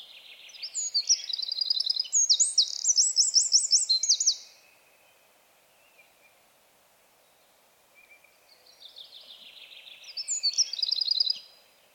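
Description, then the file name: Eurasian wren singing two long, rapid outpourings of high, metallic trills and chattering notes, separated by about four seconds of near silence. "Troglodytes troglodytes"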